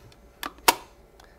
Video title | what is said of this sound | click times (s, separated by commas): How to Assemble and Install a WatchMaster IP Elite DRS Infrared | it'll snap into place | 0.7 s